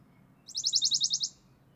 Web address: chant fernand deroussen pouillot de bonelli